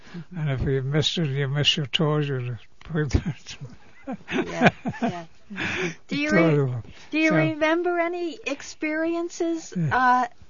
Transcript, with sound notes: And if you missed it, you missed your toes or your ( she laughs )
Yeah, yeah. Do you remember any experiences, uh,